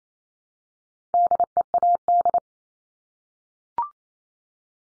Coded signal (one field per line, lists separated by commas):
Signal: Morse code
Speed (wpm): 28 wpm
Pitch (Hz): 700 Hz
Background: none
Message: DEAD